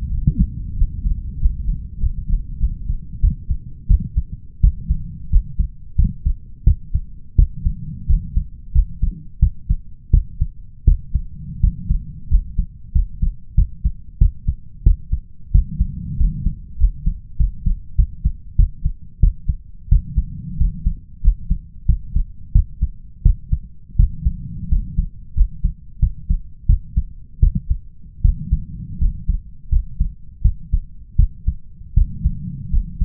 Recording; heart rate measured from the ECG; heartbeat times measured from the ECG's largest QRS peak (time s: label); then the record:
heart sounds by stethoscope; 88 bpm
0.08 s: heartbeat
0.75 s: heartbeat
1.38 s: heartbeat
1.99 s: heartbeat
2.58 s: heartbeat
3.20 s: heartbeat
3.87 s: heartbeat
4.60 s: heartbeat
5.29 s: heartbeat
5.95 s: heartbeat
6.63 s: heartbeat
7.35 s: heartbeat
8.06 s: heartbeat
8.72 s: heartbeat
9.39 s: heartbeat
10.10 s: heartbeat
10.84 s: heartbeat
11.60 s: heartbeat
12.28 s: heartbeat
12.92 s: heartbeat
13.55 s: heartbeat
14.18 s: heartbeat
14.83 s: heartbeat
15.51 s: heartbeat
16.17 s: heartbeat
16.77 s: heartbeat
17.36 s: heartbeat
17.95 s: heartbeat
18.56 s: heartbeat
19.20 s: heartbeat
19.88 s: heartbeat
20.57 s: heartbeat
21.21 s: heartbeat
21.85 s: heartbeat
22.52 s: heartbeat
23.22 s: heartbeat
23.96 s: heartbeat
24.68 s: heartbeat
25.34 s: heartbeat
25.99 s: heartbeat
26.66 s: heartbeat
27.40 s: heartbeat
28.21 s: heartbeat
28.98 s: heartbeat
29.69 s: heartbeat
30.41 s: heartbeat
31.16 s: heartbeat
31.94 s: heartbeat
32.70 s: heartbeat
From the record:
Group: healthy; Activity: rest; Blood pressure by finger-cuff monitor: 120/89 mmHg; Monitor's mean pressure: 99 mmHg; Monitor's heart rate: 89 bpm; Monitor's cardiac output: 6 L/min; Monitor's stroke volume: 69 mL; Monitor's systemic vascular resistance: 1210 dyn s/cm5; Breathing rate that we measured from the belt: 15 breaths a minute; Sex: male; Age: 21 years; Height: 180 cm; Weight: 67.5 kg